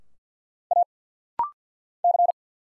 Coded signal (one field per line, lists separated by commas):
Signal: Morse code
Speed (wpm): 50 wpm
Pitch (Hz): 700 Hz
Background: none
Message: A C